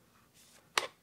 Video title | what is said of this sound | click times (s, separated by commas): Air Rifle BARREL CLEANING + Accuracy Secrets Revealed - PCP Airgun - Pellet Gun - Break Barrel | there it goes and it clicked into place once it clicks into place I can rotate the Shroud | 0.8 s